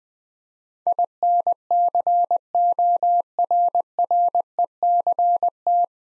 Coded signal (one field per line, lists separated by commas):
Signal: Morse code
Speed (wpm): 20 wpm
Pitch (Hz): 700 Hz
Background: none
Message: INCORRECT